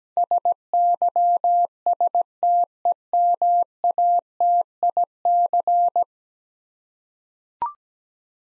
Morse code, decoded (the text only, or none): SYSTEMATIC